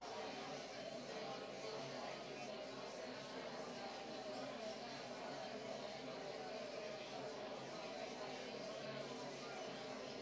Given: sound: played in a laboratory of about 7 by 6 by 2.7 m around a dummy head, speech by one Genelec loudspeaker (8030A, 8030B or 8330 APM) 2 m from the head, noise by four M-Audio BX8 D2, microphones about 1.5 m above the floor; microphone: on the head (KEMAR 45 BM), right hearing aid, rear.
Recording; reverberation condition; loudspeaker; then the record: babble noise; medium; four, about 170 cm from the corners of the room and facing them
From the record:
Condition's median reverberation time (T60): about 510 ms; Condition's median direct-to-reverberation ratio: about -0.5 dB